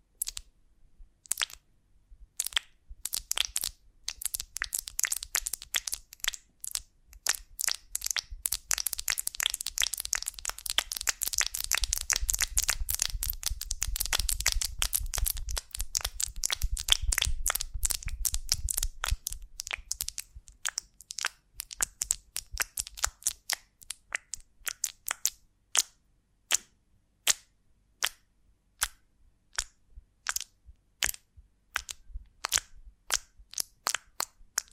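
Honeycomb on a branch is handled, giving sharp crackling and crunching snaps. The clicks start sparse, thicken into a dense, busy run of bright crackles between about 8 and 20 seconds, then thin out again into scattered, separate snaps toward the end.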